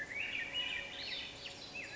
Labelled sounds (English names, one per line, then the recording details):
Swainson's Thrush
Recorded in Sonoma County, California